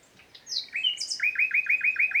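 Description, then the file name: Common nightingale song: a few whistled notes, then a fast, even run of repeated rising chirps. "Luscinia megarhynchos"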